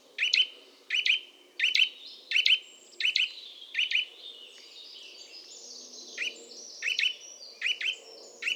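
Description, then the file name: Eurasian nuthatch giving sharp, doubled high calls in a quick series, with a pause midway. "Sitta europaea"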